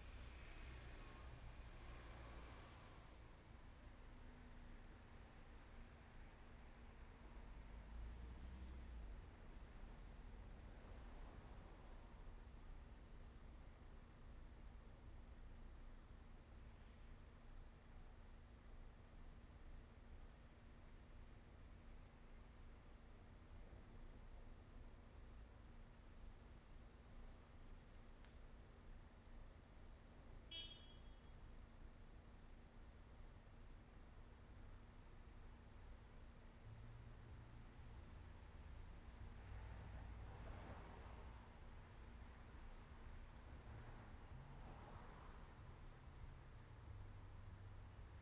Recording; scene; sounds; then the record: everyday scene through a hearing-aid microphone; in traffic; traffic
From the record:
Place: main road on the outskirts, rush hour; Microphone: behind the ear, left, front